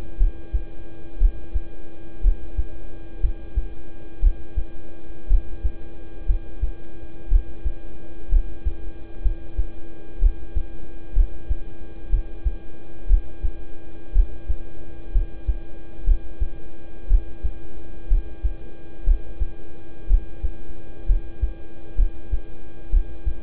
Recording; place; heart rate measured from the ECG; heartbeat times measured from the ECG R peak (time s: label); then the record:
heart sounds by stethoscope; between the tricuspid and mitral areas; 61 bpm
0.17 s: heartbeat
1.17 s: heartbeat
2.21 s: heartbeat
3.20 s: heartbeat
4.19 s: heartbeat
5.27 s: heartbeat
6.25 s: heartbeat
7.28 s: heartbeat
8.29 s: heartbeat
9.22 s: heartbeat
10.19 s: heartbeat
11.13 s: heartbeat
12.09 s: heartbeat
13.07 s: heartbeat
14.12 s: heartbeat
15.12 s: heartbeat
16.04 s: heartbeat
17.07 s: heartbeat
18.07 s: heartbeat
19.04 s: heartbeat
20.07 s: heartbeat
21.06 s: heartbeat
21.95 s: heartbeat
22.90 s: heartbeat
From the record:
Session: rest, lying down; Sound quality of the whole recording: good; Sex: male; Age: 26 years